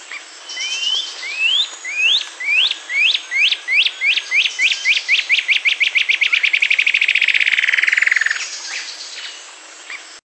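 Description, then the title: Cinereous antshrike song: upslurred whistled notes that start spaced and steadily speed up into a dense trill. "LuckyPassaro Completos2Sama. Cinereous Antshrike (Thamnomanes caesius)"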